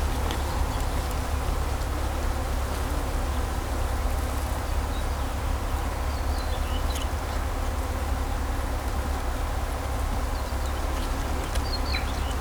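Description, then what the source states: Bees buzzing low and steadily, blended with traffic drone, with faint, sparse bird chirps. Bees buzzing in vineyards at Kallstadt, Germany, rural setting, with birds singing and road traffic noise in the background.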